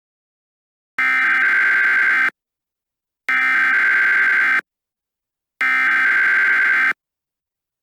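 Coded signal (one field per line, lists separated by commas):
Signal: Emergency Alert System (SAME) tones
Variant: header bursts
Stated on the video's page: Fictional EAS scenario about SCP creatures in Milwaukee, made with Movie Maker; simulated alert tones.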